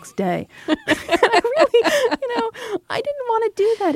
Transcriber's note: soundbite of laughter